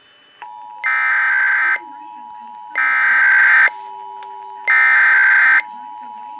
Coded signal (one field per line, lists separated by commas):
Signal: Emergency Alert System (SAME) tones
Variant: header bursts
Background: speech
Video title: Pennsylvania Required Monthly Tests (4/15/21)(EAS 667-673)